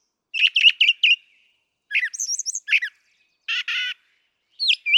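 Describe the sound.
Brown Thrasher song of choppy phrases: repeated chips, a high whistled run, a harsh buzzy burst and a sharp note, separated by brief pauses.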